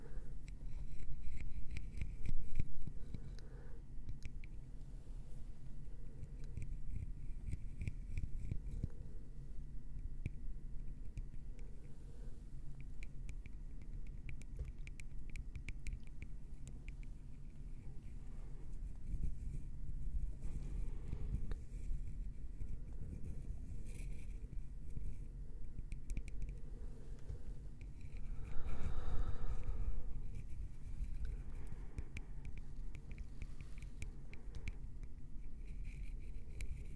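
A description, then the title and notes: Soft tapping and scratching on wood goes on throughout, a steady, dense patter of light tics and scrapes. A low rumble sits underneath. Brief louder bursts come near the start and around 29 seconds, the second with a brighter rising squeak. ASMR gentle Wood Triggers - tapping & scratching.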